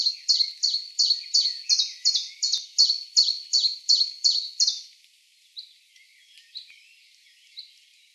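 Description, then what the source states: Common chiffchaff singing a brisk, evenly spaced series of sharp, high notes that stops after nearly five seconds, leaving a few faint notes. Recorded on 1 June 2013.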